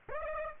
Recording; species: mosquito wingbeat signal from an infrared sensor; Aedes aegypti